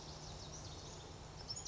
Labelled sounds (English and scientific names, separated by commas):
Pacific Wren (Troglodytes pacificus)